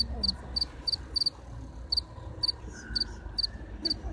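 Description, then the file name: House cricket giving sharp high chirps, some doubled, roughly every half second, with a faint tone briefly present and low-pitched background rumble throughout. "Acheta domesticus"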